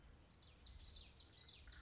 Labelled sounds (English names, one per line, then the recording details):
Common Yellowthroat
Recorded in Sonoma County, California